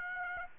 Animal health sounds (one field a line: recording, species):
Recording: mosquito wingbeat signal from an infrared sensor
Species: Aedes aegypti